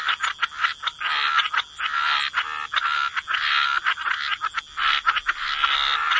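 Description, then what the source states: Frogs calling together, raspy croaks merging into long swells with short gaps, over a constant high-pitched hum. Frog chorus.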